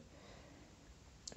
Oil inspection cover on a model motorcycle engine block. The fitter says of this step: plus la petite lentille transparente bon bah écoute ça s'emboîte nickel tu